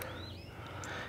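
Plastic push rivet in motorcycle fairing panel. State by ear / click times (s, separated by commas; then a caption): seated / 0.0 s. A plastic push rivet is pressed flush into a plastic fairing panel on a 2019 ZX6R during front turn signal work, locking it in place. A short, bright click sounds at 0.0 s, followed by a steady low background hum with faint high whines. The rivet seats flush and locks in.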